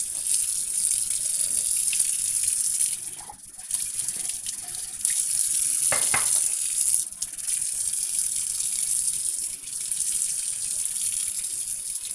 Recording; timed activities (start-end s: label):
household activities, microphone on the right wrist
0.00-12.15 s: washing dishes